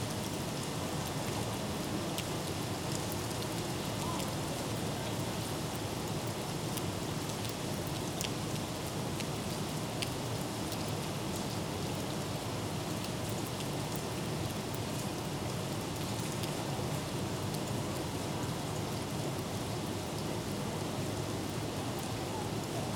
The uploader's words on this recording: Office Window, Rain, Vase ~ Leeds, UK. The sounds of light summer rain from an office window. Field recording by oliver thurley , summer 2018.